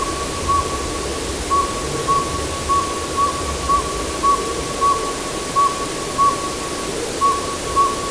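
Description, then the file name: Northern Saw-whet Owl repeating short whistled toots on a single pitch, slightly uneven spacing with a longer gap near the end, amid continuous hiss. "Northern Saw-whet Owl - Aegolius acadicus"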